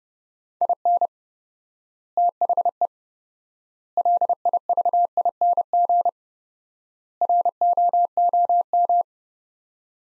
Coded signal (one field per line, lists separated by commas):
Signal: Morse code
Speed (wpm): 30 wpm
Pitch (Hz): 700 Hz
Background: none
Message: IN THE LIVING ROOM